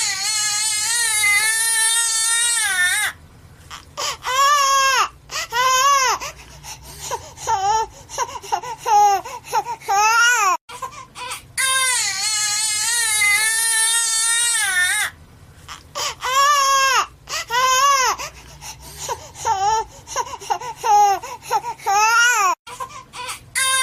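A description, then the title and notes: A baby cries loudly, each wail a long, high, wavering sustained cry lasting about three seconds. Shorter choppy sobs and gasps follow before the next long wail returns around fifteen seconds, the pattern repeating. It is otherwise quiet. WNP- Baby Crying.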